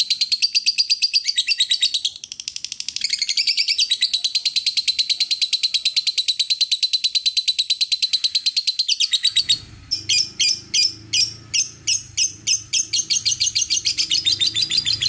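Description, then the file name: Lovebird's long run of rapid shrill pulsed chatter, then slower separate bursts of high squeaky notes with low rumbling background noise toward the end. "suara lovebird asli"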